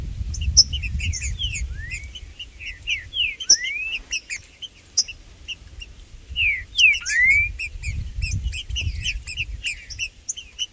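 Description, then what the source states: Green-winged saltator singing rapid bursts of short chirps and curving whistled slurs, phrases returning every few seconds, with low rumbling noise underneath. Trinca-ferro in the bush chirping (piando), singing and macheando (male display) in competition with a free bird; birds named Blindado and Tufão.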